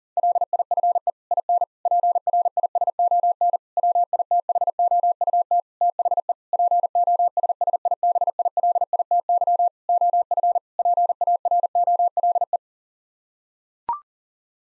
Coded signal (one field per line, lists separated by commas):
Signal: Morse code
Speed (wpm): 40 wpm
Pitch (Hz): 700 Hz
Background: none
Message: LIFE IN PRISON WITHOUT THE POSSIBILITY OF PAROLE